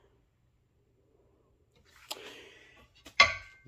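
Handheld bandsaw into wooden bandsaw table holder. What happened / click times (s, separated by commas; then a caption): The handheld bandsaw dropped and settled into its table holder / 3.2 s. A Bauer handheld bandsaw is set down into the wooden holder on a homemade bandsaw table, starting after a quiet stretch with a sharp contact knock at about 2.1 s and a brief scraping rattle as it is lowered in. A loud knock at 3.2 s marks the saw dropping fully into the holder, where it is seated and locked in place.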